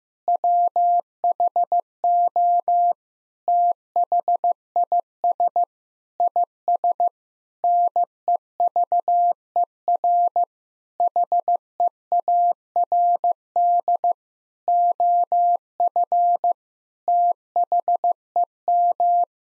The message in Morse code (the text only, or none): WHO THIS IS NEVER HEARD OF THEM